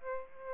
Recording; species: mosquito wingbeat signal from an infrared sensor; Aedes aegypti